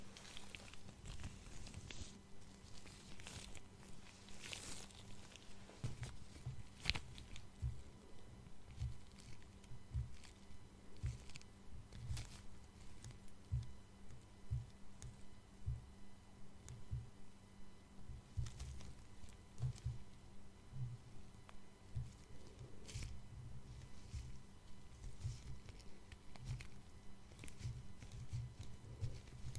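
Gloved hands and tweezers touching a face make soft, irregular crackles and taps throughout, over a steady low hum with occasional sharper clicks.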